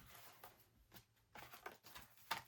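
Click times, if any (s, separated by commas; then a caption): none. A handmade paper album page with embedded magnets is handled as it is being closed, giving soft papery rustles and shuffling with brief sharp ticks near 0.4, 1.7 and 2.3 seconds. The magnets have not snapped together yet; nothing has seated or clicked.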